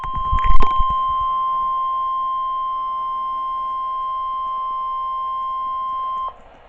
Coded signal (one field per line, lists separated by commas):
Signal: Emergency Alert System (SAME) tones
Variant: 1050 Hz attention tone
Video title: EAS Alerts